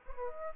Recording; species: mosquito wingbeat signal from an infrared sensor; Aedes aegypti